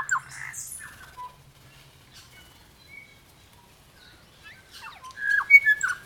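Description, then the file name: New Zealand bellbird calls: a quick burst of clear, falling bell-like notes and squeaks, a quiet stretch with soft tones, then a louder cluster of sharp chiming notes at the end. "Nzbellbirdkorimako"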